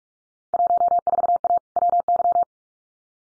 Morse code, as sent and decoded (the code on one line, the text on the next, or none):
.---- ....- .- / .-- -.--
14A WY